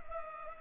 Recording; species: mosquito wingbeat signal from an infrared sensor; Culex pipiens